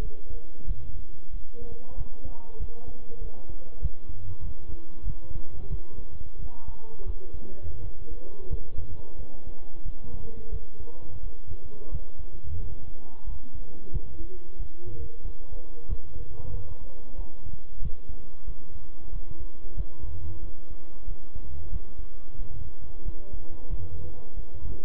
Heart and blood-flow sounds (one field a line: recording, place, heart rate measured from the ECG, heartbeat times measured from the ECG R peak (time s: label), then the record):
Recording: heart sounds by stethoscope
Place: between the tricuspid and mitral areas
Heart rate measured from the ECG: 91 bpm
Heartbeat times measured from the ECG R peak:
0.02 s: heartbeat
0.67 s: heartbeat
1.33 s: heartbeat
1.98 s: heartbeat
2.60 s: heartbeat
3.22 s: heartbeat
3.82 s: heartbeat
4.44 s: heartbeat
5.07 s: heartbeat
5.70 s: heartbeat
6.39 s: heartbeat
7.06 s: heartbeat
7.83 s: heartbeat
8.50 s: heartbeat
9.18 s: heartbeat
9.85 s: heartbeat
10.52 s: heartbeat
11.23 s: heartbeat
11.92 s: heartbeat
12.60 s: heartbeat
13.27 s: heartbeat
13.93 s: heartbeat
14.59 s: heartbeat
15.25 s: heartbeat
15.89 s: heartbeat
16.54 s: heartbeat
17.18 s: heartbeat
17.82 s: heartbeat
18.47 s: heartbeat
19.13 s: heartbeat
19.77 s: heartbeat
20.43 s: heartbeat
21.08 s: heartbeat
21.72 s: heartbeat
22.39 s: heartbeat
23.05 s: heartbeat
23.70 s: heartbeat
24.37 s: heartbeat
From the record:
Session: bicycle stress test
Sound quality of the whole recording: good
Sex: male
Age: 23 years